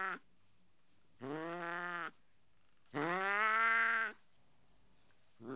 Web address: BBC Sound Effects Library BBC 06-Animals and Birds 06 Mog Cat Howling